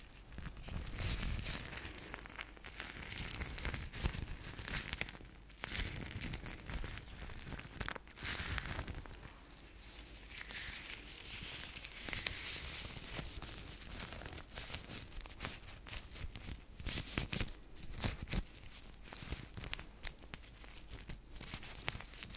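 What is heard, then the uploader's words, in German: Gloves rustle and rub in dense, irregular bursts of crinkly friction, with sharp scrapes every second or so and a quieter stretch midway. ASMR Handschuh Sounds. 2 verschiedene Handschuhe.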